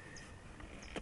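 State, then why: Seated. A plastic juicing bowl sitting on a Kuvings juicer motor base is twisted from the open-circle mark to the closed-circle mark, with soft scraping and a faint tap during the turn. A sharper click at 1.0 s marks the bowl locking into place on the base.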